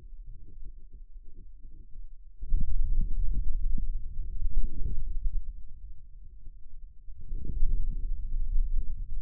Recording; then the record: forearm muscle sounds (acoustic myography)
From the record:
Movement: hand opening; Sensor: system 2, bracelet of six BSWA MPA416 microphones around the upper forearm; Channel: 6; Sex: male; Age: 22 years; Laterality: right